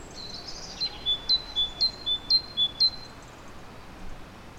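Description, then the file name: Great tit two-note song, a high note dropping to a lower one, repeated five times in quick rhythm. "Parus major"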